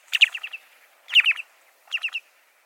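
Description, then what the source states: Short-billed Dowitcher calls: three quick bursts of mellow, clipped notes, each a rapid run of several tu-like notes, separated by short pauses. Low, mellow call, useful for telling it apart from the Long-billed Dowitcher.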